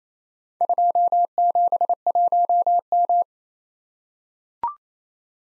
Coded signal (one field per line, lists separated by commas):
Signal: Morse code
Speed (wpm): 28 wpm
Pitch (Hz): 700 Hz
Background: none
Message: 271M